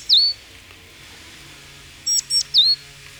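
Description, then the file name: Great tit calls: a sharp high note dipping then rising, then after a pause two brief high ticks and another dipping note, over a faint low steady hum. "Parus major"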